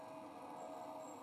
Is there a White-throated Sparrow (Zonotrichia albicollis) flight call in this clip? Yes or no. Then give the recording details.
no. No flight call is heard. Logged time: 23:27 on 21 November 2014